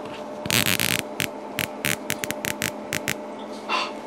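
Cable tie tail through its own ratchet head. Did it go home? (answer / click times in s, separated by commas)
yes / 0.5 s, 0.6 s, 0.7 s, 0.8 s, 0.9 s, 1.2 s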